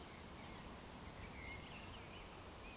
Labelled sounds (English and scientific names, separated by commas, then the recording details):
Eurasian Woodcock (Scolopax rusticola) whistle
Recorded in Baden-Württemberg, Germany, on 12 June 2020 at 19:31 UTC
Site 43791, 788 m above sea level